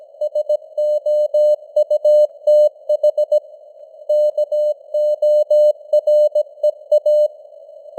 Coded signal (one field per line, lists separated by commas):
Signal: Morse code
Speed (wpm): 17 wpm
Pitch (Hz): 600 Hz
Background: none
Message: SOUTH KOREA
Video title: Morse Code News | 2025-11-08 | 17wpm